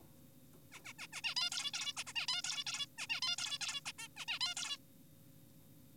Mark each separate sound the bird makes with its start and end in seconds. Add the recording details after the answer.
0.72-0.80, 0.85-0.93, 0.99-1.07, 1.13-1.22, 1.24-1.35, 1.36-1.50, 1.52-1.72, 1.74-1.93, 1.97-2.04, 2.07-2.13, 2.16-2.26, 2.28-2.42, 2.44-2.64, 2.67-2.86, 2.98-3.07, 3.10-3.21, 3.22-3.36, 3.38-3.58, 3.61-3.81, 3.86-3.92, 3.99-4.08, 4.17-4.26, 4.28-4.39, 4.41-4.54, 4.57-4.77. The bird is an adult. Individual g4p5U